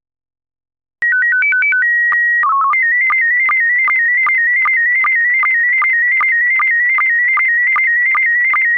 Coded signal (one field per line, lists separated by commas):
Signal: SSTV (slow-scan television)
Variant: PD 50